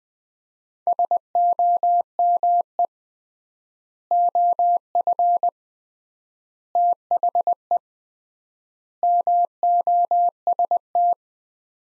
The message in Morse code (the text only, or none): SOME OF THE MOST